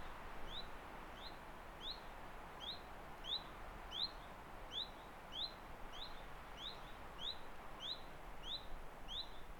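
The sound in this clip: Bird calls: short, high, downslurred chirps repeated steadily about every two-thirds of a second over a constant rushing background noise.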